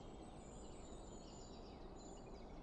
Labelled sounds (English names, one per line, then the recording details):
Eurasian Blue Tit
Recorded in Germany
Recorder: ecoPi